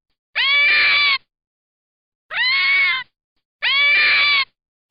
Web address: Zvuki lisy - Zvuki izdavaemye lisoj. LISA - ZVUK LISY